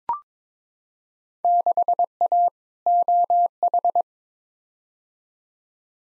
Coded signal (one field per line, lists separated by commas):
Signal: Morse code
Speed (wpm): 21 wpm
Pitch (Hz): 700 Hz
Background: none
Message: 6A OH